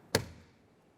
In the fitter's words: listen for a click double check to make sure it's secure